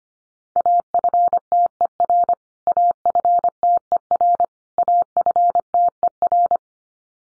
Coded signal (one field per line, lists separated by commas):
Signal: Morse code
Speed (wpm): 25 wpm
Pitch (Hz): 700 Hz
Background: none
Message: AFTER AFTER AFTER